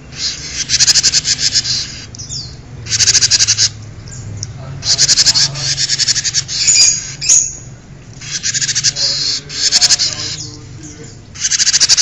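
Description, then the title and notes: Bird song of repeated scratchy, rapidly pulsed bursts roughly every two seconds, broken by brief pauses and a few sharper chirps. "Bird Sound. Kicau Burung Lengkap"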